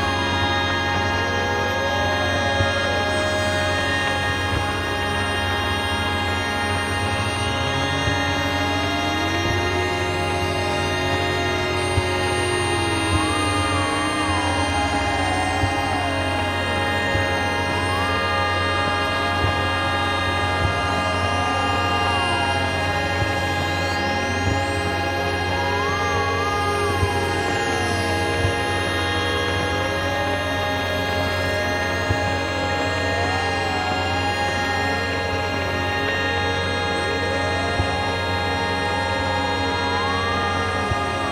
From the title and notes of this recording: By placing an Electro-Magnetic coil pick up on the bus window, I managed to capture the electrical signals and sounds of the buses hybrid electric motor spinning up. The signels where recorded on a Number 1 Bus travelling between Waterloo and New Kent Road.